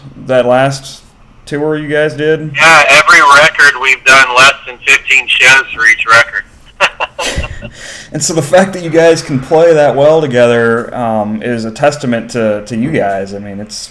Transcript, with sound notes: That last tour you guys did.
Yeah, every record we’ve done less than fifteen shows for each record. [Laughs]
And so the fact that you guys can play that well together is a testament to you guys, and it’s…